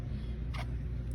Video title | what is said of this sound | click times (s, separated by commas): Taurus G2C/G3 Field Strip | Push it down, and you'll hear it click into place as you pull it back. | 0.6 s